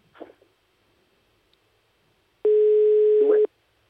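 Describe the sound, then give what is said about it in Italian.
A telephone ringback tone on an outgoing call from the radio show La Zanzara to a mobile phone: one steady, mid-pitched beep lasting about a second, fairly loud, following a brief rustle and a stretch of near silence. “Telefonino, dottor Ricca. Pronto?”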